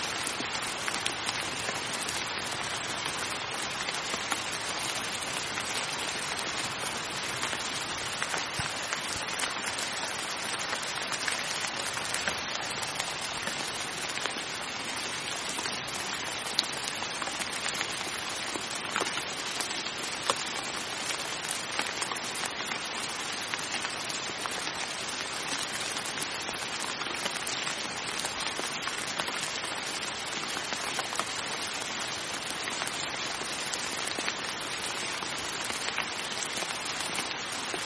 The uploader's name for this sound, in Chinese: 纯下雨声